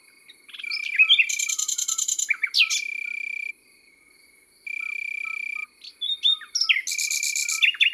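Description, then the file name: Common nightingale song: dense rattling trills, sharp downslurred notes and long buzzy pulsed phrases, pausing briefly midway, over a continuous high-pitched hum. Song recorded in the countryside. "Rossignol philomele Chants doiseaux dans la campagne"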